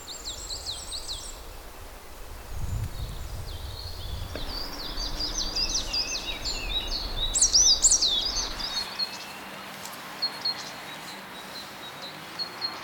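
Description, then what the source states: Several birds sing high twittering and whistled phrases, one clear looping whistle near the middle, over a low rumbling background that fades later. Recorded at Czantoria.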